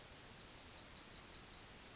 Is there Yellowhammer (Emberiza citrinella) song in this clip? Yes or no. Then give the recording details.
yes. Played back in forest. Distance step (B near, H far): E. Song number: 060